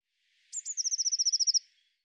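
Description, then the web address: Eurasian blue tit calling once: two sharp, very high introductory notes, then a quick run of about a dozen bright, evenly spaced trill notes. "cianscape birddata Deverinetal 2025 File cleaned normalized Bird Cy Ca"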